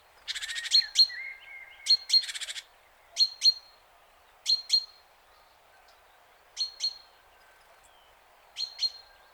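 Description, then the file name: Sooty-headed bulbul calls: sharp, high chips in quick pairs and short clusters, some with a thin ringing tone, given about every second or two. Female. "suara betina glawing"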